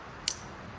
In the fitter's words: locks in place so now it won't just fold forward on you